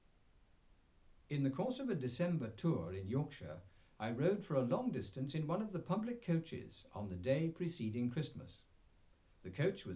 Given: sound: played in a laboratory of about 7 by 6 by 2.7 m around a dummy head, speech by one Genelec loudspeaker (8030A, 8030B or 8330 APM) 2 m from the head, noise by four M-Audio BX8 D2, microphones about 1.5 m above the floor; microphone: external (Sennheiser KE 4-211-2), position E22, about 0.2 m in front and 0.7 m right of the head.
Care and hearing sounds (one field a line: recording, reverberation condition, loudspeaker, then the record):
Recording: male speech in English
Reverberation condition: low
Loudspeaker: 30 degrees to the right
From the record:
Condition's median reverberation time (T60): about 310 ms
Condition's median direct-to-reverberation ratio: about 3.5 dB